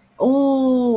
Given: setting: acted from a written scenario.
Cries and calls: vocal sound without words; distress

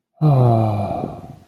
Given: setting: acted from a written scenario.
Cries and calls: vocal sound without words; sadness

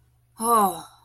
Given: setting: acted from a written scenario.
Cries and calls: vocal sound without words; awe

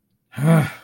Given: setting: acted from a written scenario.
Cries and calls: vocal sound without words; anger

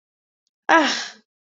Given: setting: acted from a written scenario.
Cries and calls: vocal sound without words; contempt

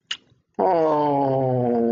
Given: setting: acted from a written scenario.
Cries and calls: vocal sound without words; sympathy

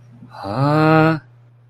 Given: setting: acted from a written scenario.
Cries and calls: vocal sound without words; confusion

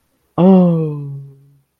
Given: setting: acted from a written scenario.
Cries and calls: vocal sound without words; negative surprise

